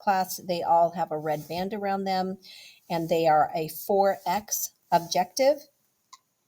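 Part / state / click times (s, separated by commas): objective lens on a microscope revolving nosepiece / seated / 6.1 s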